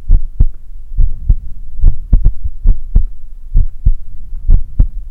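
A person's own heartbeat, heard close up, offered as ASMR to listen to while falling asleep.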